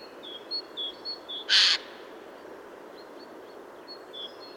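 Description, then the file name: Eurasian jay letting out a single loud, harsh rasping screech among thin, high whistled notes from small songbirds. "Garrulus glandarius"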